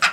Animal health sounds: pig call; piglet (1 to 25 days)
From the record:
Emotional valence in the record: positive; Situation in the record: before nursing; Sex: female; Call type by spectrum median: low-frequency call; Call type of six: low-frequency tonal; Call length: 0.13 s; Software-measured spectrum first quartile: 1464 Hz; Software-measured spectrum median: 2145 Hz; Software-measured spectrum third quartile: 3283 Hz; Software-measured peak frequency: 1457 Hz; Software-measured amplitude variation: 136 dB a second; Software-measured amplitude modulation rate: 3.9 a second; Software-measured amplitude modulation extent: 35.0 dB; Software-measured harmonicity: -0.2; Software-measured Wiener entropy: -1.28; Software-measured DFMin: 766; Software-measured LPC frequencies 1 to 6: 1415, 1984, 2558, 3236, 3997, 4931 Hz

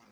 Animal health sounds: pig call; piglet (1 to 25 days)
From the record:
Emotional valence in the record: positive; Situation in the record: reunion after long isolation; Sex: female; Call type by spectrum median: low-frequency call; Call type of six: low-frequency stable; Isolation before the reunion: 8 minutes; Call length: 0.12 s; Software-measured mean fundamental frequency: 65 Hz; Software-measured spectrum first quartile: 392 Hz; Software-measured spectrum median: 1064 Hz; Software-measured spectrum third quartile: 2562 Hz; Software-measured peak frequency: 218 Hz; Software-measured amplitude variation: 74 dB a second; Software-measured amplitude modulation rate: 24.5 a second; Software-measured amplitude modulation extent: 3.0 dB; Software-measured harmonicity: -0.4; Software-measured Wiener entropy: -0.78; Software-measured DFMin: 1102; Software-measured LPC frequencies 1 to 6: 1187, 2100, 3718, 4737, 5816, 7481 Hz

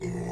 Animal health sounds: pig call; weaner (32 to 43 days)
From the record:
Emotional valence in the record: negative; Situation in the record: long isolation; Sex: female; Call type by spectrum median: low-frequency call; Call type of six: low-frequency modulated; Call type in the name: low-frequency modulated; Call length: 0.32 s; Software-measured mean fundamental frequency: 59 Hz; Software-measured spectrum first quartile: 160 Hz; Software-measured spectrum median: 317 Hz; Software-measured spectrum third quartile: 656 Hz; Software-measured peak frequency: 374 Hz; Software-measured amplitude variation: 100 dB a second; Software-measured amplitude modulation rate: 29.8 a second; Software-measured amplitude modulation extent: 3.4 dB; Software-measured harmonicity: 3.4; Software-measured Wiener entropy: -0.83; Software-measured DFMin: 1017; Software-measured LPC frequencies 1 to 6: 307, 2008, 3372, 4280, 5045, 5796 Hz

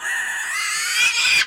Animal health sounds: pig call; piglet (1 to 25 days)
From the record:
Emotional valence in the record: negative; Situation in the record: castration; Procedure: castration, treatment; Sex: male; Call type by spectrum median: high-frequency call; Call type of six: high-frequency modulated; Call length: 1.47 s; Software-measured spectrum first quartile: 2200 Hz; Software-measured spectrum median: 3104 Hz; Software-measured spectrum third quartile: 5400 Hz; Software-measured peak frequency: 2426 Hz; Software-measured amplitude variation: 87 dB a second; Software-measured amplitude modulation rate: 24.8 a second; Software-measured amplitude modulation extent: 3.5 dB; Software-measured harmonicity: 3.7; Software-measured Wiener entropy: -2.51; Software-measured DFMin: 993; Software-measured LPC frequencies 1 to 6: 1788, 2455, 3301, 4766, 6064, 6755 Hz

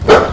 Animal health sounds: pig call; growing-finishing pig (85 days or more)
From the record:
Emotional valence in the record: positive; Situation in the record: run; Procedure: transit

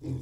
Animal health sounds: pig call; weaner (32 to 43 days)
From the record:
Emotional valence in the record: positive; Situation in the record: positive conditioning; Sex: female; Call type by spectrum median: low-frequency call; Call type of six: low-frequency stable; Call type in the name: low-frequency stable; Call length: 0.22 s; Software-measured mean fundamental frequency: 44 Hz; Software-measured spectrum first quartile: 122 Hz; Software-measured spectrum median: 182 Hz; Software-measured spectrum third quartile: 327 Hz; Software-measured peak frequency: 119 Hz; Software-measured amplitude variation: 162 dB a second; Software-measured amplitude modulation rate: 29.3 a second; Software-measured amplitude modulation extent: 5.5 dB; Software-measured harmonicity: -2.4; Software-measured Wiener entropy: 0.10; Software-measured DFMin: 1079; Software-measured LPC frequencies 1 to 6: 262, 2311, 3523, 4096, 5018, 5645 Hz

